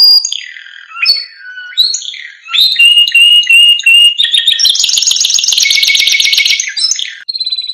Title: Masteran Kenari Gacor Full Isian Untuk Lovebird, Murai Batu, Kenari, Cucak Ijo